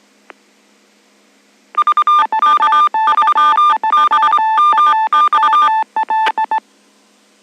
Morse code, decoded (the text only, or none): VK3BMX